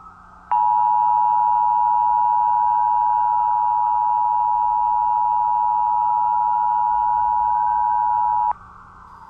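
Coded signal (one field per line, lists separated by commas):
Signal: Emergency Alert System (SAME) tones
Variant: 853 and 960 Hz attention tone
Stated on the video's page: Fictional EAS scenario, simulated alert about an anomaly-containment organization's collapse.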